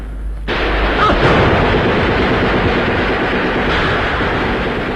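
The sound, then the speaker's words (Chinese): In a radio drama, a loud, sustained barrage of gunfire erupts after a brief quieter moment, dense crackling shots and booming bursts blending into a continuous roar of battle with no speech, the gunfire marking the defeat of a band of rioters. “巴洛托杰的酥油火把和枪声宣告的却是这批暴乱分子的全部覆灭。”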